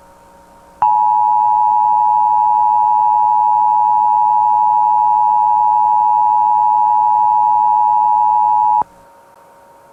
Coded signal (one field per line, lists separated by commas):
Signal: Emergency Alert System (SAME) tones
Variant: 853 and 960 Hz attention tone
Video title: EAS Scenario // The Dark Watchers //